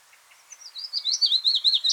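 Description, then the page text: Willow warbler song fragment, a run of sweet slurred whistles growing louder, over a light background hiss. "Willow Warbler Song. Quick Sounds"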